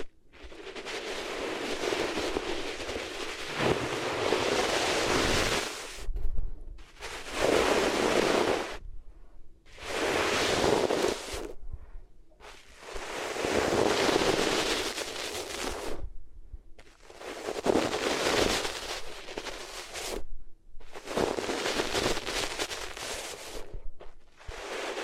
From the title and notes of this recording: ASMR Sensitive Sleep Inducing Triggers Rubbing Your Ears on Different Materials (No Talking).